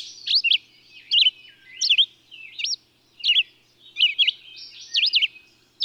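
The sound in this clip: Bird song: high chirps with looping up-down sweeps in short bursts, with faint twitter in between.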